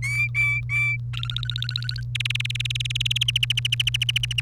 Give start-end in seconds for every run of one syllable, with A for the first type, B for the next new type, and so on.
0.02-0.97 A, 1.13-2.03 B, 2.15-3.23 C, 3.28-4.41 D